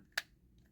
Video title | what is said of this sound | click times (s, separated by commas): Legacy Animated Prime receives a Jetwing Upgrade! | and then you just bring this up, and you'll hear it click. | 0.2 s